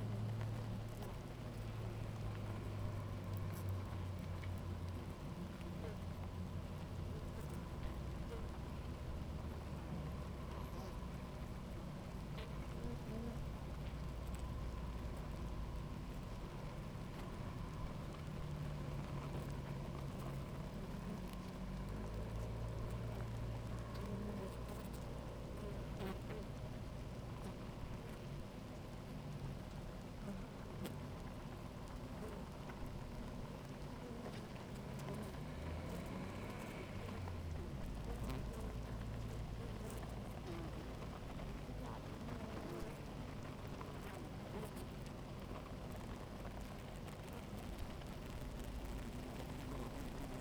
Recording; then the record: honeybee colony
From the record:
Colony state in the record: active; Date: 28 July 2017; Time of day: 11:11